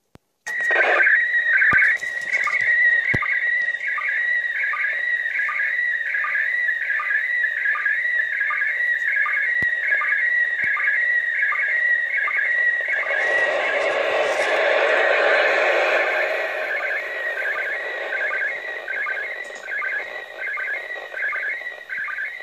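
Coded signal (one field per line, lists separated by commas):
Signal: SSTV (slow-scan television)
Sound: warbling tone around 1.5-2.3 kHz with regular short sync blips, briefly swamped by hiss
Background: radio static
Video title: ISS International Space Station Listen SSTV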